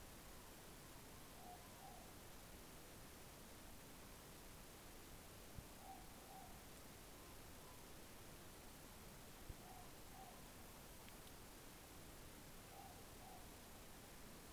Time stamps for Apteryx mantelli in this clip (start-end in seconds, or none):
none